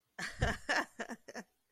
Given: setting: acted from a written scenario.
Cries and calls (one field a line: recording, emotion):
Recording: vocal sound without words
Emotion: amusement